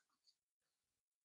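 A second lower LATCH connector on the other side of a Maxi-Cosi Mico 30 infant car seat base is handled and lined up with the vehicle's lower anchor. Faint rustling and small handling sounds are heard, with a brief soft tick near 0.3 s. Nothing has seated or clicked yet.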